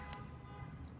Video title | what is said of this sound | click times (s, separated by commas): Tampax Radiant Compact Vs. U By Kotex Click | and it kind of makes a click. | 0.1 s